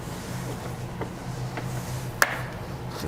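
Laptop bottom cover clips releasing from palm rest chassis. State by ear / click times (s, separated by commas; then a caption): released / 2.2 s. A plastic spudger is worked into the seam between the palm rest and bottom chassis of a Dell Vostro laptop and twisted, over a steady low hum with faint ticks near 1.0 and 1.6 seconds. A plastic retaining clip pops open with one sharp click at 2.2 seconds. The clicks are normal and show the bottom cover starting to break loose from the palm rest.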